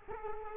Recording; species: mosquito wingbeat signal from an infrared sensor; Culex quinquefasciatus